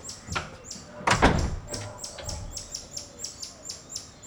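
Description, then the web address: Bird chirping in a quick steady series of high notes, interrupted by a loud knocking thud early on, with low rumble beneath. Outdoor ambience in a suburb of Rio de Janeiro. "Monte Sound - Atmospheres of Rio de Janeiro AMB External Rio Subburb Birds Dogs Monkeys"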